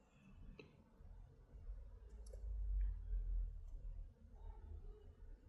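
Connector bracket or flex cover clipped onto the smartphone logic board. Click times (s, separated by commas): 0.6 s, 2.3 s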